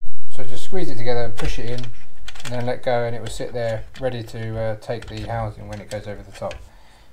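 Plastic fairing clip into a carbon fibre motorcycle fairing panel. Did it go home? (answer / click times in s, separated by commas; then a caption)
no / none. Someone talks while a plastic fairing mounting clip is squeezed together, pushed into the hole in an Ilmberger carbon fibre fairing panel for a BMW S100RR M motorcycle, then let go so it sits ready to take the housing. Nothing has seated or clicked yet.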